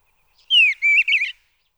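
Eastern bluebird, one short song phrase: a clear falling whistle, then a level note and a quick wavering warble.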